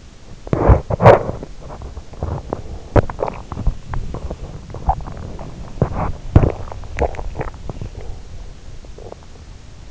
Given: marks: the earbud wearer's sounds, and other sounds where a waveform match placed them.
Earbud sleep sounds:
sounds in sleep by an in-ear microphone; body movement, teeth grinding, swallowing
0.00-7.94 s: body movement
0.23-1.63 s: teeth grinding
2.11-4.37 s: teeth grinding
4.71-8.21 s: teeth grinding
8.70-9.59 s: swallowing

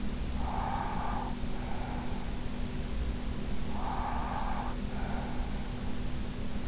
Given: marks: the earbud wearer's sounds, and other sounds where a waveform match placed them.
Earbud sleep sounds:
sounds in sleep by an in-ear microphone; breath
0.19-2.62 s: breath
3.46-5.82 s: breath

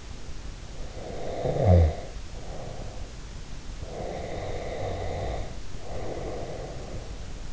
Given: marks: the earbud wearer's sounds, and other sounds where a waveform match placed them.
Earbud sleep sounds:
sounds in sleep by an in-ear microphone; snoring breath, breath
0.91-3.31 s: snoring breath
3.90-7.53 s: breath

